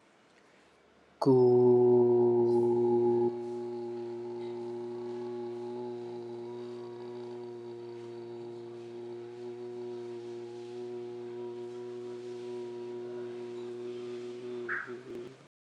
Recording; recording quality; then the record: sustained vowel as in boot; excellent, no background noise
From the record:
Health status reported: respiratory illness, not identified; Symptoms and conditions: asthma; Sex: male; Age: 23 years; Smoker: not ticked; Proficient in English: yes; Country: India